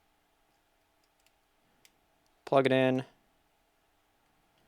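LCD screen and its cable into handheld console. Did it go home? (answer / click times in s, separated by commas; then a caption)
no / none. An LCD screen is placed into a DS Lite shell and lined up before its cable is plugged into the board connector. Only small, quiet handling ticks are heard near 1.3, 1.9 and 2.3 seconds, and then someone talks briefly. Nothing has seated or clicked yet.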